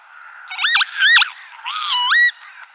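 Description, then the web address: Northern lapwing display calls, wheezy rising and falling slurred notes with strong harmonics, three phrases over about two seconds, the last ending in a sharp upward sweep. Male display. "Schulze Peter Northern Lapwing male display"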